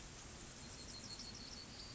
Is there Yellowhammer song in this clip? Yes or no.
no